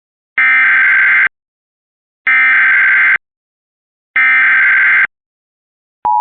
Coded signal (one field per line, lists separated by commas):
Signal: Emergency Alert System (SAME) tones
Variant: header bursts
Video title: (WXrchive) EAS Local Area Emergency for Cold Weather - 1/25/26